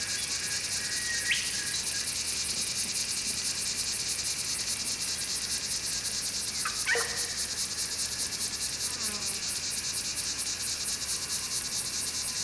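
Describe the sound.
Montane and black squeakers: a couple of brief sharp chirps breaking through a steady, high, rapidly ticking chorus.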